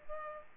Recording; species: mosquito wingbeat signal from an infrared sensor; Culex pipiens